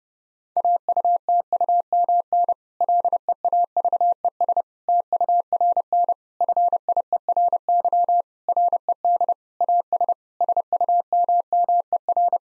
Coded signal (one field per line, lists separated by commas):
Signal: Morse code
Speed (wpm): 30 wpm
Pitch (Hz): 700 Hz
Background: none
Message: AUTUMN LEAVES TURN FIERY RED AS SUMMER